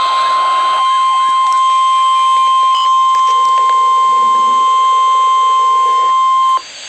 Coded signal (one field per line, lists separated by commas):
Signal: Emergency Alert System (SAME) tones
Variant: 1050 Hz attention tone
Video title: NOAA - Tornado Warning (EAS #862)